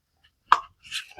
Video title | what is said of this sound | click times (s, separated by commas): Multiple codes! Let's fix them.... | Nice little snap. You want to hear that. | 0.5 s